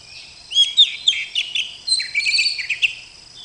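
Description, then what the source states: Oriental magpie-robin song: a busy run of sweet whistles and buzzy chirps, rapidly varied and overlapping, with a faint steady high hiss in the background. Rolling song from a masteran (tutoring) recording.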